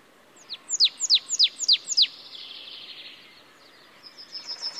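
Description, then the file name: Marsh tit calling: a quick run of six sharp, high notes slurring steeply downward, followed by a soft hissing buzz and a few faint high notes at the end. "Poecile palustris"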